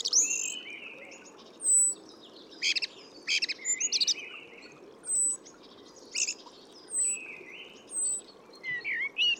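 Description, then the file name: Eurasian blackbird giving fluty warbles, thin high whistles and scratchy twitters, spaced by short gaps, with light background hiss. "Turdus merula"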